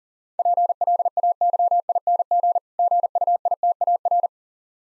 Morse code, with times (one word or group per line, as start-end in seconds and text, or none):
0.4-2.6 PLAYING
2.8-4.3 GUITAR